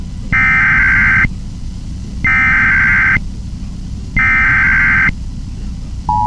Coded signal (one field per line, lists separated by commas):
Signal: Emergency Alert System (SAME) tones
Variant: header bursts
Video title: EAS Blue Alert (issued as a Civil Emergency Message) for NC 12-2-2020